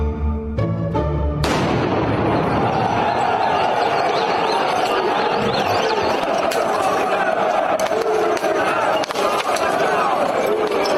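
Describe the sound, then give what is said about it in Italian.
A loud, chaotic street clash between about 5,000-6,000 Dutch Feyenoord football fans and police in the capital, Rome, on the day of the Roma-Feyenoord match: a constant roar of shouting crowd, broken by sharp bangs and crackling blasts, with a brief rhythmic knocking at the start. “Sono tanti tifosi olandesi, 5-6 mila, arrivati nella capitale al seguito della squadra che per tutta la giornata hanno ingaggiato una guerriglia con le forze dell'ordine.”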